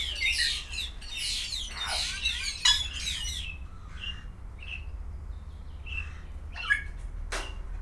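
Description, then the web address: Grey parrot: loud rasping squawks for the first few seconds, then sparse short whistled notes and a final sharp squawk, low hum beneath. Captive birds at a zoo in Szeged, recorded in 2011. "szegedizoo. jakopapagaj"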